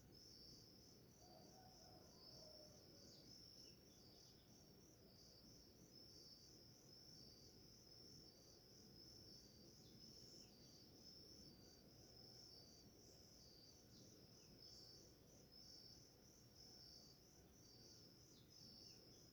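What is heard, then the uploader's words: Crickets chirp in a steady, high pulsing chorus over a low rumbling background, with a faint bird call early on in the morning air. Listen to a symphony of crickets in a relaxing morning in a village in middle a Mata Atlântica rainforest.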